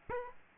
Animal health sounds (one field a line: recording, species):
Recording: mosquito wingbeat signal from an infrared sensor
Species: Aedes aegypti